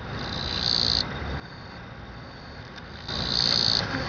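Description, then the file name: Japanese katydid song: two harsh, buzzy high-pitched bursts a few seconds apart. "kirigirisu"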